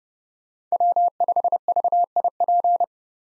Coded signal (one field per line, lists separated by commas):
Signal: Morse code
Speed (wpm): 36 wpm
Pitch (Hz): 700 Hz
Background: none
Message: W5VIP